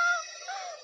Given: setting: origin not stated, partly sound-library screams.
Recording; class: one-second piece from a danger detection set; woman in danger